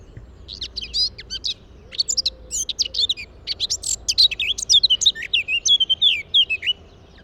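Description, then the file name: Eurasian blackcap song, jumbled chattering notes that build into a rich series of loud, clear whistles near the end. "Sylvia atricapilla"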